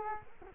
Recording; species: mosquito wingbeat signal from an infrared sensor; Culex quinquefasciatus